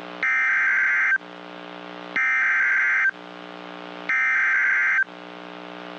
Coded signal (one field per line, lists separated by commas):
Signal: Emergency Alert System (SAME) tones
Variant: header bursts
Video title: EAS 2204-2214 (3/16/23)